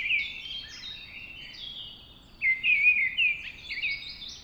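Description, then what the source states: Mistle Thrush song: clear fluted phrases, the loudest a rolling warble just past the midpoint, with faint high chirping behind. Singing at dawn.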